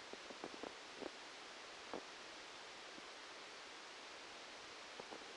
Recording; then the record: brain microelectrode recording played as sound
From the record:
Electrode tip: outside the subthalamic nucleus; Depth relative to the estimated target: -10 mm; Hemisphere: left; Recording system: NeuroSet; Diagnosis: Parkinson's disease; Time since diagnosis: 13 years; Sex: male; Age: 63 years